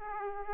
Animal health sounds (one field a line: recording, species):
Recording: mosquito wingbeat signal from an infrared sensor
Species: Aedes aegypti